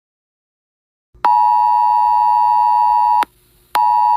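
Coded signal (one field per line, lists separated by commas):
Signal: Emergency Alert System (SAME) tones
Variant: 853 and 960 Hz attention tone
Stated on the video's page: Wireless Emergency Alert tornado warning received on a phone.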